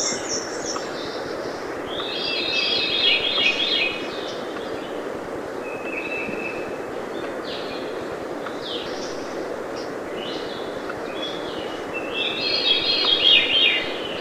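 Veery giving shimmering, reedy phrases early and again near the end, with steady background hiss throughout.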